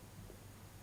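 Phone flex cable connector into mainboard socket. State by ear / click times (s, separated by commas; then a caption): not seated / none. During a charging-port repair on a Samsung S4 that is not charging or syncing, a ribbon-cable press connector is handled over its mainboard socket, with only faint, steady low rustling and no distinct sounds. Nothing has seated or clicked yet.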